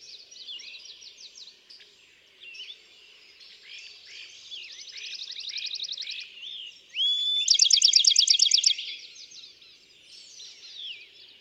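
Bachman's sparrow song: a rising whistle, then a bright, rapid trill lasting just over a second, heard against a constant chorus of other songbirds.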